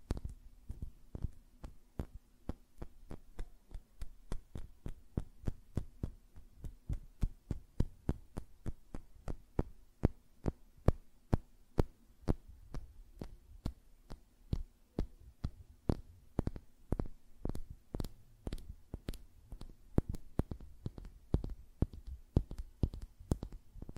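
Fingernails tap and flutter in quick, sharp clicks, coming several times a second across the whole stretch with only brief gaps. The taps are crisp with a soft low thump beneath, unevenly loud, and a faint steady low hum runs underneath throughout.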